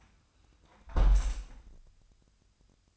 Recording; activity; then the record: daily activity, microphone in the room; close window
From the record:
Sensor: 2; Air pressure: 1004.5 hPa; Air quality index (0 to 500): 110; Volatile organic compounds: 3 ppm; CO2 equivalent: 1327 ppm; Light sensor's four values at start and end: 6/14/6/6 and 6/14/5/6